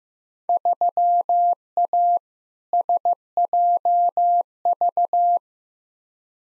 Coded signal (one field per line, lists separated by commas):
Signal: Morse code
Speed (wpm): 15 wpm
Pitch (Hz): 700 Hz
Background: none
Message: 3A SJV